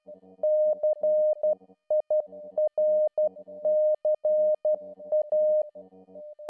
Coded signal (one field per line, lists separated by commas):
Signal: Morse code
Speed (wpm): 12 wpm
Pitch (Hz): 610 Hz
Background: music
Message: CIRCA